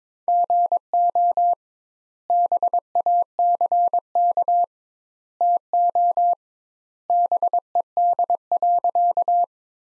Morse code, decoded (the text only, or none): GO BACK TO BED.